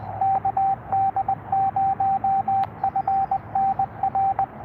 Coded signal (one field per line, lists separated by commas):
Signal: Morse code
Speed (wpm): 19 wpm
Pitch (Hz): 780 Hz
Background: radio noise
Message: KD0FNR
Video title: US-4571 kd0fnr #hamradio #morsecode